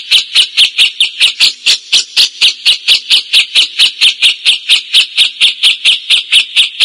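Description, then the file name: Cililin repeating a harsh, scratchy note in a steady, even series, with no other sounds. "celilin jenggot gereja"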